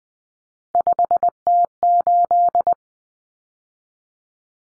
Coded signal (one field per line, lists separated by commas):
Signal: Morse code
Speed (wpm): 20 wpm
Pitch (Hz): 700 Hz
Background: none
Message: 5T8